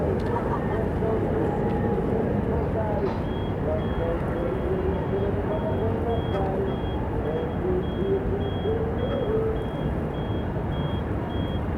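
A busy funfair heard from across a lake, its crowd and machinery blending into a thick, steady low rumble. Wavering tones drift through the din, and from about three seconds a faint, regular high beeping pulses on in the distance.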